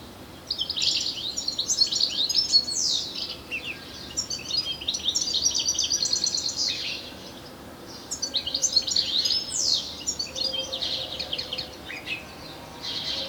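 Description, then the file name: European Goldfinch with bright, fast twittering phrases and descending tinkling notes, delivered in long bursts separated by short gaps. "Carduelis carduelis"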